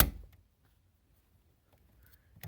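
A metal ignition lock cylinder is handled at the steering column housing of a 1975 Cadillac Fleetwood, with a sharp metallic hit at 0.0 s, near silence with faint handling noises, and another burst of handling at the very end. Nothing has seated or clicked into place yet.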